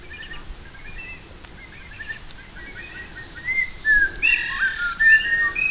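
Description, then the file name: Buffy laughingthrush calls start soft and scattered, then build into louder whistled notes mixed with rough, ringing chatter toward the end. "laughingthrush-buffy Garrulax-berthemyi"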